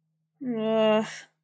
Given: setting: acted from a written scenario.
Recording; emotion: vocal sound without words; contempt